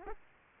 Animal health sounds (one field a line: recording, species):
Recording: mosquito wingbeat signal from an infrared sensor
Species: Aedes aegypti